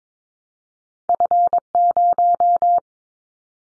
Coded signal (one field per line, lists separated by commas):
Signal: Morse code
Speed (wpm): 22 wpm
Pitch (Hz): 700 Hz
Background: none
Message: F0